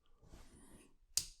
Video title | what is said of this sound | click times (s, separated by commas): Nemesis Reviews Transformers Legacy Velocitron Speedia 500 Collection Galaxy Shuttle | this piece is on the slider so go ahead and slide up until it clicks into place | 1.2 s